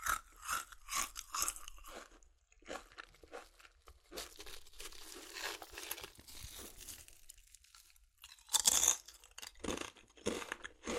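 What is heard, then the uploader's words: Crunchy chips are bitten and chewed, with sharp, bright crackles coming in quick bursts during the first two seconds. A quieter stretch of softer chewing and rustling follows, then a loud crisp crunch lands near nine seconds before a few fading chews. ASMR Satisfying Chips Crunchy Crushing & Eating Sounds (No Talking).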